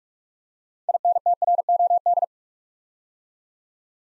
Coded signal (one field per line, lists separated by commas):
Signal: Morse code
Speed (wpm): 47 wpm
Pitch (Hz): 700 Hz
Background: none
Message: INTROD